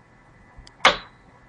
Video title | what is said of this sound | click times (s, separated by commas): Disassembling a computers internal parts | can hear that click and then the CPU can | 0.8 s